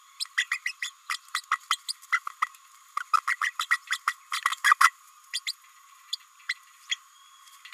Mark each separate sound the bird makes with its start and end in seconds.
0.19-0.25, 0.37-0.44, 0.51-0.60, 0.66-0.72, 0.82-0.91, 1.09-1.16, 1.51-1.58, 1.70-1.77, 1.88-1.93, 2.12-2.19, 2.42-2.46, 3.13-3.17, 3.27-3.36, 3.41-3.51, 3.59-3.68, 3.70-3.77, 3.90-4.00, 4.07-4.14, 4.64-4.75, 4.80-4.91, 5.33-5.39, 5.46-5.53, 6.12-6.16, 6.49-6.54, 6.91-6.96